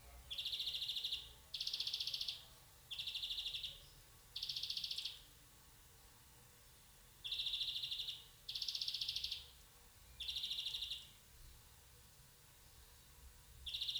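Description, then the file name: European greenfinch calling in short buzzy, rattling bursts just under a second long, repeated irregularly with gaps of a fraction of a second to about three seconds. "Chloris chloris"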